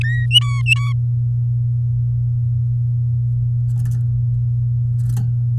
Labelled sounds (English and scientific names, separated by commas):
Domestic Canary (Serinus canaria) song